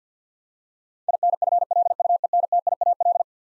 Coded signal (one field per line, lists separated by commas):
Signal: Morse code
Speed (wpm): 50 wpm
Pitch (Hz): 700 Hz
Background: none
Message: INFLUENTIAL